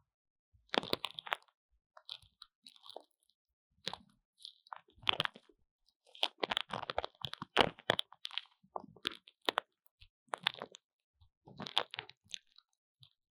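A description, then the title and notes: Plastic wrap crinkles and crackles in short, irregular bursts, with dense flurries around six to eight seconds and again near twelve. The sounds are sharp and bright, separated by brief silences, with nothing else in the background. 蘆薈凝膠 ╳ 保鮮膜 | Aloe gel × Plastic wrap. 這是偏刺痛型的蘆薈膠與保鮮膜的聲音. This is the stinging sound of aloe vera gel and plastic wrap.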